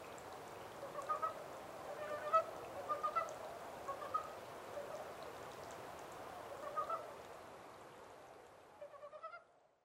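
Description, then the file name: Montane brown frog giving scattered pulsed croaks, fading to quiet before a final short rattling burst near the end. 14 April 2010. "yamaakagaeru-20100414"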